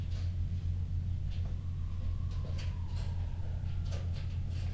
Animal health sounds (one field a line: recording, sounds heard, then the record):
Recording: poultry house recording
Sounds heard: healthy chickens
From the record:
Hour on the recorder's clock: 2